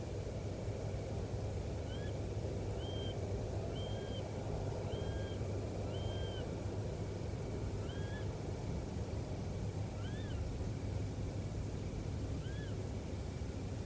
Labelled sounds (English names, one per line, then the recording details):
Little Owl
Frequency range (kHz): Little Owl 1.2-3.7 kHz
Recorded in France